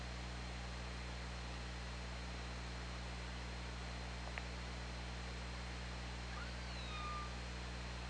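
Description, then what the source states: Orca calls, a few faint short tonal cries near the end, heard through constant low hum and steady hiss. Recorded on the OrcaLab hydrophone on 2017-08-24 at 13:13:14.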